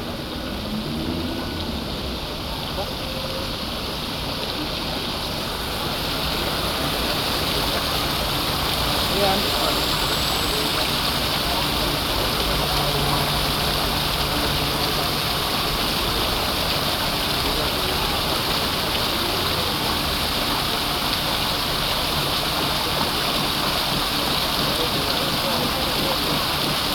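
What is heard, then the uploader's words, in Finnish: A busy square hums with crowd chatter over a fountain's steady rushing water, growing slightly louder after six seconds and staying dense throughout. Ääniteos Brunnsparkenista – kiireiseltä aukiolta Göteborgista, Etelä-Ruotsissa. Aukio kuhisee hmisiä ostoskasseineen, asunnottomia, teinejä jotka hengailevat suihkulähteellä. Raitiovaunuja, busseja, autoja, polkupyöriä ja rekkoaja.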